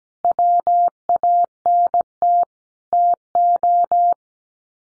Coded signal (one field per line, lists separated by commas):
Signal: Morse code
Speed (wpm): 17 wpm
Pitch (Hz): 700 Hz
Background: none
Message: WANT TO